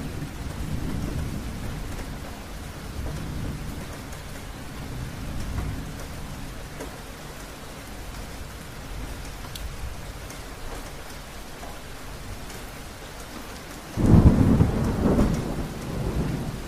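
Rain patters steadily on a roof over a low, rumbling wind, with a louder burst of thunder around fourteen seconds before settling again.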